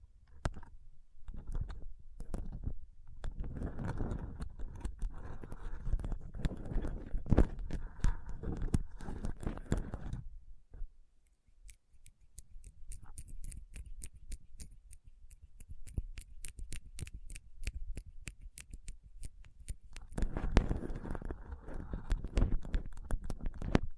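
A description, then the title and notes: Fingertips tap and rub across rhinestone-covered palms in dense, irregular clicks, with thicker rubbing bursts early on and again near the end. Tapping & Rubbing Rhinestone Covered Palms.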